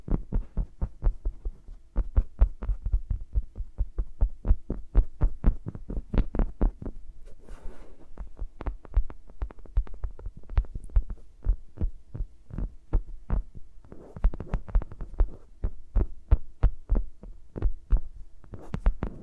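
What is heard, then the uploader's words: Microphones are rubbed and tapped between fingers, making a rapid train of soft, thumping knocks with a low, muffled body, several per second throughout. Brief rustling scrapes surface around 7–8 and 14–15 seconds, and a faint low hum runs underneath. ASMR with Mics Around My Fingers (No Talking).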